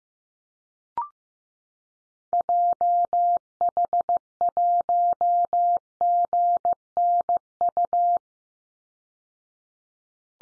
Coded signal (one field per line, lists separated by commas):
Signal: Morse code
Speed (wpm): 15 wpm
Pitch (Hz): 700 Hz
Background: none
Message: JH1GNU